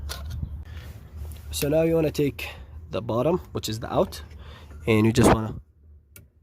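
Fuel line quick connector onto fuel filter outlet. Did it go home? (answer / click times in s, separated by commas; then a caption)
yes / 6.2 s. Someone talks while the bottom (outlet) fuel line quick-connect fitting on a 2012 Mazda 3 is pushed by hand, without special tools, onto the fuel filter's outlet nipple. A sharp tick at 6.2 s marks the connector clicking into place, seated on the filter outlet.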